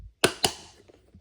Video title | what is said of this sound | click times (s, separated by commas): Nissan Altima Side Mirror Glass Replacement | Try to apply even force till you hear that click in there | 0.2 s